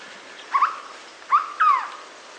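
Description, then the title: Hooded berryeater giving a short stuttered note, then after a gap a rising note followed by a drawn-out descending whistle. "LuckyPassaro Completos2Sama. Hooded Berryeater (Carpornis cucullata)"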